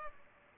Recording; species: mosquito wingbeat signal from an infrared sensor; Culex pipiens